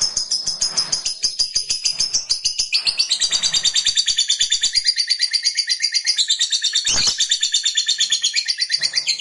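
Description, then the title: Lovebird in long, rapid, rattling song of high buzzy notes, with a brief sharp knock late on. Fighter lovebird singing energetically (gacor). "SUARA Lovebird FIGHTER GACOR"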